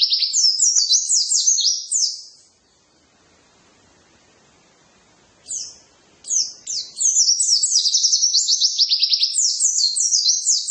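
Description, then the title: White-eye song: rapid, high twittering phrases of sliding notes, stopping for about three seconds of quiet before resuming in bursts and then a steady chatter. "pleci"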